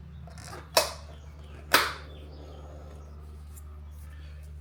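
A plastic center cap is pressed into the center bore of a Tesla car wheel, over a steady low hum. Two sharp snaps ring out at 0.8 s and 1.7 s, and the cap seats firmly in place.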